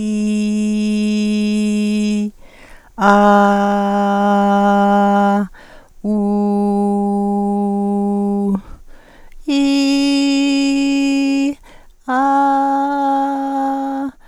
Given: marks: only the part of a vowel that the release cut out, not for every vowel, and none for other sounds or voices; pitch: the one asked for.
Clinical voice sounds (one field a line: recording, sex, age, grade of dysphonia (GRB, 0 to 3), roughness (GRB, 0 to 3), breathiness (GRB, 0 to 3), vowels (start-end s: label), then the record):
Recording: sustained vowels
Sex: female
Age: 50 to 59 years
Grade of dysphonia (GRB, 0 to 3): 0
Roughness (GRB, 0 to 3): 0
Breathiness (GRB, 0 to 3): 0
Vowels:
0.00-1.98 s: vowel /i/, normal pitch
3.55-5.33 s: vowel /a/, normal pitch
6.31-8.29 s: vowel /u/, normal pitch
9.59-11.43 s: vowel /i/, high pitch
12.17-13.96 s: vowel /a/, high pitch
From the record:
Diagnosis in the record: healthy voice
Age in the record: 55 years